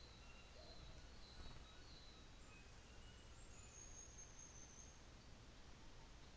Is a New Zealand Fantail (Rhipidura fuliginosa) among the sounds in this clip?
yes